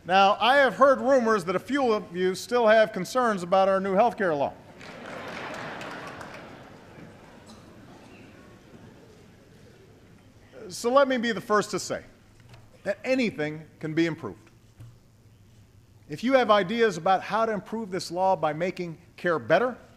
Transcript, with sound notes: Now, I have heard rumors that a few of you still have concerns about our new health care law. (Laughter.) So let me be the first to say that anything can be improved. If you have ideas about how to improve this law by making care better